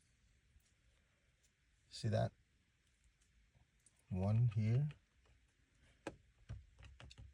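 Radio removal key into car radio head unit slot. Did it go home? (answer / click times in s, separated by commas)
yes / 6.1 s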